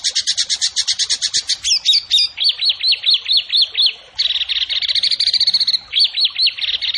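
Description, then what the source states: Bird song: a fast trill of repeated notes, then a run of rising-falling notes, a steady rapid trill and more rising-falling notes, loud throughout. Masteran training recording of a bird singing energetically (gacor) in the tembakan style, Indonesia.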